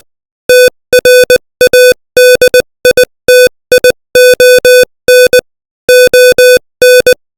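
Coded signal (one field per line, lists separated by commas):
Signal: Morse code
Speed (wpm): 20 wpm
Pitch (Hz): 500 Hz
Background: music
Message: TRADITION ON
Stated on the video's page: Morse code practice at 20 WPM.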